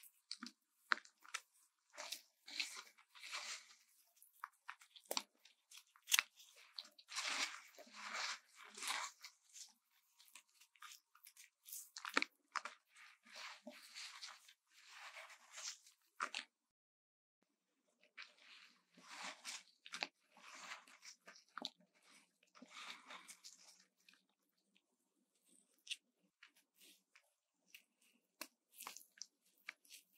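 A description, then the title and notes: Bath bombs being handled, with dense bursts of dry crunching and crumbling. The crackly, bright sounds come in irregular clusters with short pauses, and go silent briefly around the middle before resuming. ASMR 泡澡.沐浴球觸發 | Bath Bombs Sounds | NoTalking.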